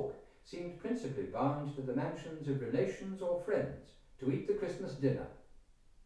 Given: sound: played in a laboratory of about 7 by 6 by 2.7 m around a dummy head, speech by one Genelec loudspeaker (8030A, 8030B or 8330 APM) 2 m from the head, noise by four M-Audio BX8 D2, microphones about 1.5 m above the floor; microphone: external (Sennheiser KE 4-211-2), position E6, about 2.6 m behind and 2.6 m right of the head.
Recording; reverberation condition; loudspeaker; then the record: male speech in English; medium; 120 degrees to the left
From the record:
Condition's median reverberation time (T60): about 510 ms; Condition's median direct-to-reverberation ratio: about -0.5 dB